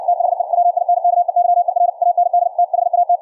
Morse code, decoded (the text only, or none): THE WINKEYER AND THAT